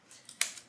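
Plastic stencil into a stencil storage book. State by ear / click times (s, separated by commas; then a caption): seated / 0.4 s. A plastic stencil with a punched push-pin style cutout is pressed onto a stencil storage book. It snaps in place with one sharp, bright click at 0.4 s. Softer clicks come just before and after it.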